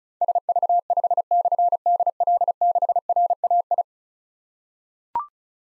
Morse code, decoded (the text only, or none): SV5/DL6RAI